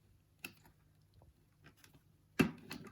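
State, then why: Seated. A flexible part of a washing machine door assembly is stretched downward and slipped under its mating edge, with a sharp tick at 0.5 s and a few faint ticks and scrapes in between. It snaps into place with a loud, sharp click at 2.4 s, followed by a smaller click at 2.7 s, and the part is seated.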